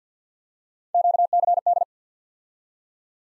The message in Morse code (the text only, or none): QCD